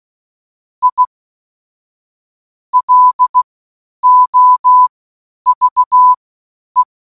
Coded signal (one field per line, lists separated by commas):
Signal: Morse code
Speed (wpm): 16 wpm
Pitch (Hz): 1000 Hz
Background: none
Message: I LOVE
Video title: How Does "I LOVE YOU" Sound In Morse Code